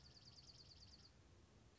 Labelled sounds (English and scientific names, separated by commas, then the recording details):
Dark-eyed Junco (Junco hyemalis)
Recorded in Sonoma County, California